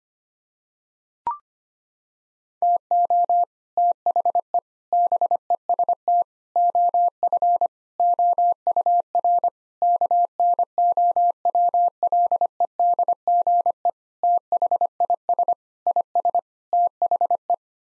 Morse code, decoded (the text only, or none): TO THE BEST OF OUR KNOWLEDGE THIS IS THE